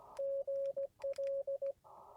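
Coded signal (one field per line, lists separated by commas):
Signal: Morse code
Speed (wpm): 16 wpm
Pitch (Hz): 560 Hz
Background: radio noise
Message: GL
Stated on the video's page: CW copy practice.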